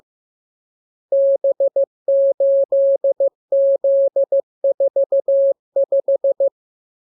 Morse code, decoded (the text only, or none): B8Z45